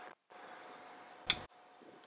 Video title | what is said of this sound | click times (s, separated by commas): 3D PRINTER: Creality CR-10 FAIL Review. Thermal Runaway, Bed leveling, USB. How to diagnose problems | so you want to turn backwards until you hear a click | 1.3 s